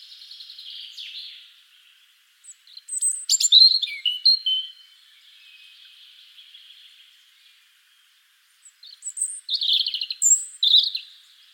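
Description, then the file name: European robin song: high, twittering phrases mixing sharp squeaky notes and liquid warbles, three bursts with pauses of about one and about four seconds between them. "Erithacus rubecula"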